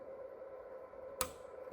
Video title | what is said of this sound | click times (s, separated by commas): [샘플 강의] 보안 솔루션 활용 | 에이번 pc 와 연결이 되어있는 utp 케이블을 이더넷 1번 포트의 딸깍 | 1.2 s